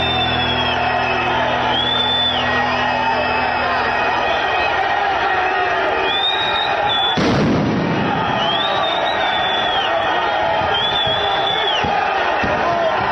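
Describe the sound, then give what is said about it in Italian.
A loud stadium crowd roars and chants continuously while greeting the Juventus team bus at the Stadio Olimpico, with whistles rising above the din and a sharp explosive bang, like a firecracker, bursting out midway. “Questo è l'audio purtroppo di come è stato accolto il pullman della Juventus allo Stadio Olimpico oggi.”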